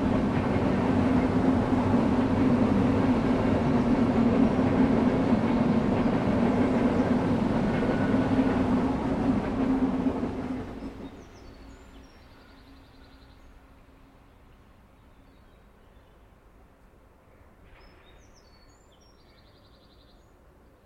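An old-fashioned locomotive rumbles loudly and steadily through the first ten seconds, with a dense low drone and a hum beneath it. Around eleven seconds the noise drops sharply to a quiet, faint rumble, with a few small high chirps near the end.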